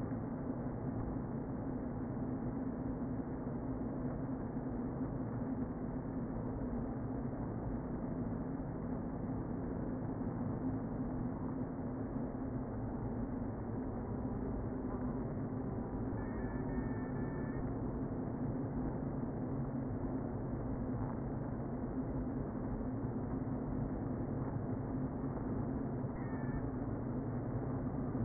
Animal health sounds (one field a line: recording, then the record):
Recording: honeybee colony, microphone inside the hive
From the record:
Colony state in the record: queen present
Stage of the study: before two queens were removed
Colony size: about 60,000 bees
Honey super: yes